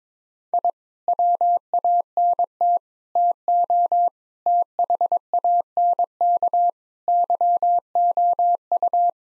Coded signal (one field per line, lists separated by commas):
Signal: Morse code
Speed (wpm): 22 wpm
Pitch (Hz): 700 Hz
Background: none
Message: I WANT TO THANK YOU